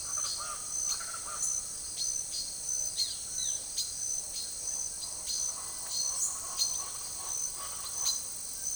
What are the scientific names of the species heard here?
Cyanocorax violaceus